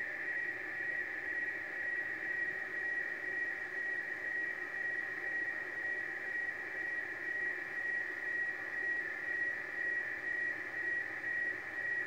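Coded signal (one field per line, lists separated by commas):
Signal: weather fax (radiofax)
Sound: steady whistling tone near 2 kHz with faint warble under constant radio hiss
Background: radio static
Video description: Radiofax com boletim meteorológico transmitido pela Marinha do Chile.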